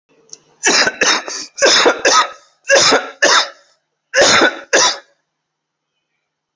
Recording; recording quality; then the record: heavy voluntary cough; excellent, no background noise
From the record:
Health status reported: COVID-19 positive, moderate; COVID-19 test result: positive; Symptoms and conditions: cough, breathing difficulty, sore throat, fever, fatigue, muscle pain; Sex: male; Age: 43 years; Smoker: not ticked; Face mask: not worn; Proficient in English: yes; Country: India